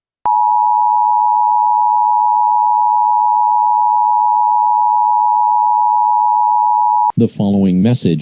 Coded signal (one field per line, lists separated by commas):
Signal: Emergency Alert System (SAME) tones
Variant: 853 and 960 Hz attention tone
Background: speech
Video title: EAS Scenario: Ghost Trains Part 3